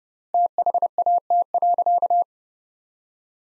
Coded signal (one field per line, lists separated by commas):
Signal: Morse code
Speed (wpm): 30 wpm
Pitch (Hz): 700 Hz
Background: none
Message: THAT.